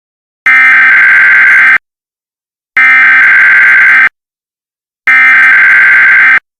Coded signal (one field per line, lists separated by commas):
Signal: Emergency Alert System (SAME) tones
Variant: header bursts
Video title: EAS Bombing scenario Part 1